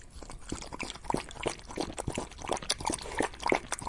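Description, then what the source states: Dog lapping water, splashy, irregular slurps and drips that grow louder toward the end. Dog eating and drinking.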